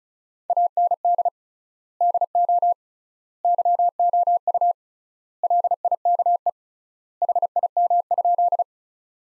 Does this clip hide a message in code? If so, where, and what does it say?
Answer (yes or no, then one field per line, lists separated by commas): yes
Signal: Morse code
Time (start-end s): 0.5-8.6 s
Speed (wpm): 34 wpm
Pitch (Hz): 700 Hz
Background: none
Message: AND DO YOU LIKE HIM?